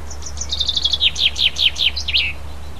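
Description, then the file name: Common chaffinch song, a rapid run of clipped notes falling in pitch and ending in a short twirled flourish, over steady low hum. "pinson"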